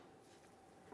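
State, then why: Not seated. An outboard brake pad on a 2002-2005 Ford Explorer rear brake is handled as it is slid onto the brake caliper, with a steady low hum and a faint rise in level at the very end. Nothing has seated or clicked yet.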